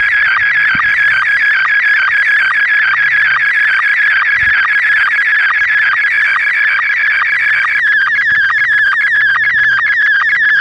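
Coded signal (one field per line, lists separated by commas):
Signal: SSTV (slow-scan television)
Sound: steady warbling, chirping tone repeating rapidly with regular short low blips, like scanning lines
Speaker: Received DTMF command number 20. SSTV test transmission.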